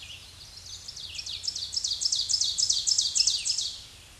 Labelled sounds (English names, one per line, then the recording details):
Ovenbird song
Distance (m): 15 m
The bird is about 10 m above the microphone
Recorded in a Pennsylvania forest on 16 May 2024 at 07:52
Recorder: AudioMoth, point MSD-2376
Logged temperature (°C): 16.7 °C
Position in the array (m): 147 m, -11 m